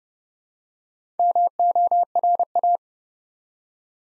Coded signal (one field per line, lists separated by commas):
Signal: Morse code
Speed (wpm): 30 wpm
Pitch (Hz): 700 Hz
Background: none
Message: MORA